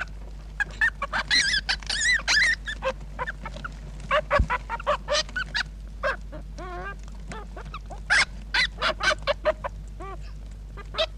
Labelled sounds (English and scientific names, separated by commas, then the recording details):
European Polecat (Mustela putorius) call
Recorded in captivity
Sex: group
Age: juvenile
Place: Klein-Neundorf, Lausitz, Sachsen, DE
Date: 1960-07-19
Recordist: Meyer, Hugo
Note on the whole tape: Junge Iltisse bei der Fütterung